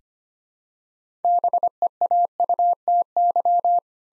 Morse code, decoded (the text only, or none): BEAUTY